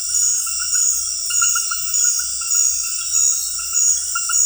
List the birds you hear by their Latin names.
none